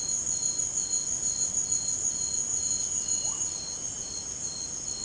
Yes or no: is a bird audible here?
no